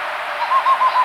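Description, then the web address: White-throated screech-owl call, a quick run of short evenly spaced hoots, about six notes within a second, over steady background hiss. Ecuador. "Birds of Ecuador. White-Throated Screech-Owl"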